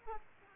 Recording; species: mosquito wingbeat signal from an infrared sensor; Aedes aegypti